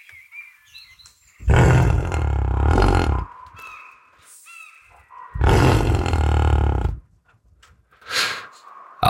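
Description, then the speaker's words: European bison roaring: two long, deep, rough bellows about four seconds apart, with faint thin whistled notes in the quieter gaps. European bison, now slowly spreading across Europe again; a sound not heard by human ears in many places for thousands of years. "dette er lyden av en bison, det er europeisk bison."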